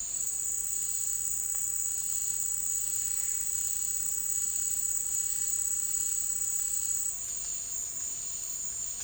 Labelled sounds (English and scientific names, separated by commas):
none